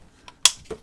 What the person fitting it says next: and then close it and that locks in place.